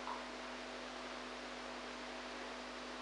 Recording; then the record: brain microelectrode recording played as sound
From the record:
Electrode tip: outside the subthalamic nucleus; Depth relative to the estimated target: 2 mm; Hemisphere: right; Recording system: NeuroSet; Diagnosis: Parkinson's disease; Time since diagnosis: 8 years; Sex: female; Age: 45 years